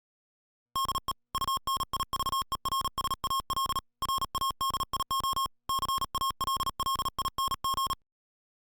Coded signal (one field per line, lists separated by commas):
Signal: Morse code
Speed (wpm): 38 wpm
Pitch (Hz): 1080 Hz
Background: music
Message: DE UNIVERSAL RADIO CALLING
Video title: Universal Radio presents the Yaesu FT2DR